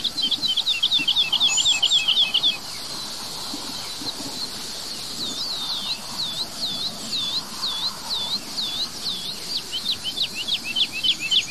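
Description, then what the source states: Woodlark song opening with a fast trill of repeated falling notes, a pause, then slower looping, lilting notes repeated. Sings high over a large field by pine woods, hovering directly overhead with heavy wingbeats, marking its territory; falling song with repeated pauses; sometimes sings from trees.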